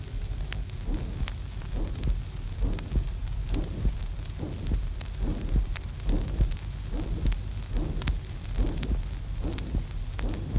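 Heartbeat at about 71 per minute with a coarse, uniform murmur occupying all of systole between the heart sounds. This is a ventricular septal defect murmur, best heard at the left sternal border; it may also be heard on the back in the left interscapular space and is not conducted to the great vessels.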